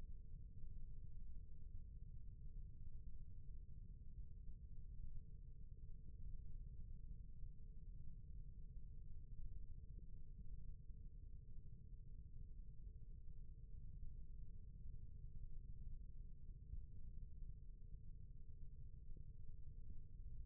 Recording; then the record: forearm muscle sounds (acoustic myography)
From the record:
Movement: rest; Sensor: system 1, eight BSWA MPA416 microphones around the upper forearm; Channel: 1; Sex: male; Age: 21 years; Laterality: right